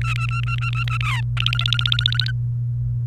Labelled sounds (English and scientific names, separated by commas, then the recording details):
Domestic Canary (Serinus canaria) song
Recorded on 28 April 2018 at 16:25
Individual llb3